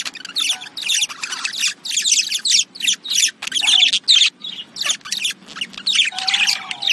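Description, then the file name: Budgerigar warbling chatter made of harsh squawks and squeaky chirps in short bursts, broken by brief silences, over a low background hum. "Budgie Sounds"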